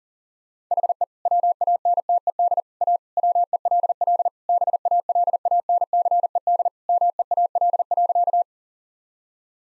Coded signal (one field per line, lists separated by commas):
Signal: Morse code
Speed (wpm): 40 wpm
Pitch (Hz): 700 Hz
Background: none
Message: HE WANTED A WELL BALANCED MEAL.